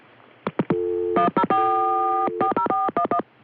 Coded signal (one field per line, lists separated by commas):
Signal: DTMF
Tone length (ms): 100 ms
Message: 10440411